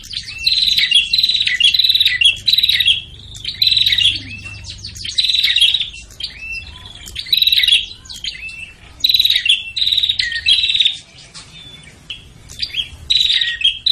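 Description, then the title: Prinia calls: busy run of loud buzzy, rasping bursts, with short lulls of thin chirps. Noisy prinia calls used to lure prinias, including Prenjak Kepala Merah (red-headed) and Prenjak Tamu. "Suara Prenjak Ribut Buat Pikat Burung Prenjak Kepala Merah Prenjak Tamu"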